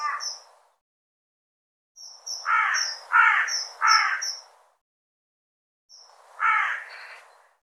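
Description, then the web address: Bird calls: harsh calls, one at the start, a run of several in the middle and another near the end, with faint high chirps above them. "cianscape birddata"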